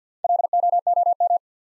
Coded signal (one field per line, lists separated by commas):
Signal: Morse code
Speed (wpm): 50 wpm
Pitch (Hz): 700 Hz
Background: none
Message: LOOM